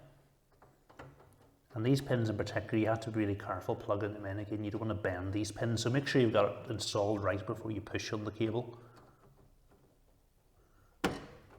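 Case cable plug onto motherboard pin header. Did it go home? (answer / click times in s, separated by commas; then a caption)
yes / 11.0 s. A case front panel cable is carefully pushed onto its pin header on the motherboard while someone talks. A sharp click at 11.0 seconds marks the cable locking into place, seated.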